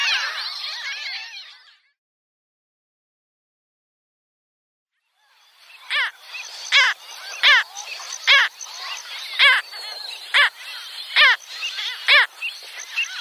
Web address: Schulze Peter Mediterranean Gull